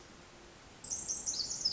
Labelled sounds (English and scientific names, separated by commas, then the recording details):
Pacific Wren (Troglodytes pacificus)
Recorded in Sonoma County, California